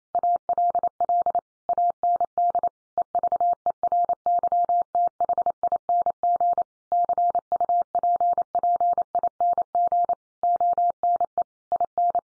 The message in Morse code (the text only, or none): ALL AND EVERYTHING CUPPING ONE IN